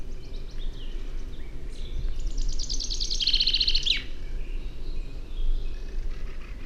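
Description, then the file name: Common chaffinch giving a brief trilled phrase of rapid repeated notes ending abruptly, set against continuous low rumbling noise. "Fringilla coelebs"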